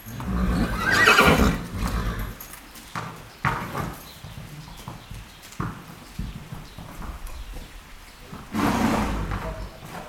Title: Sylvain Jaskowiak - Animus. Chevaux à l'écurie - Céreste, Alpes-de-Haute-Provence - mai 2000